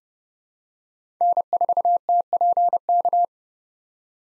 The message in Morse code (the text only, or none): N4TPK